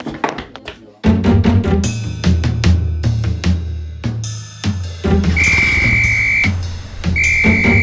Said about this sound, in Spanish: ¿Silbatos como el que se está escuchando ahora, señora Alicia?